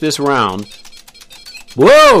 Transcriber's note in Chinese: sound of TV popping and shutting off